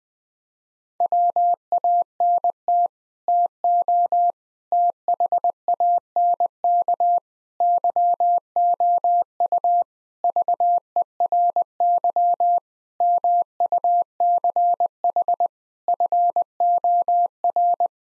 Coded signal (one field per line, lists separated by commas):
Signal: Morse code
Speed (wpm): 20 wpm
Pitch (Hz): 700 Hz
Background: none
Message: WANT TO THANK YOU VERY MUCH FOR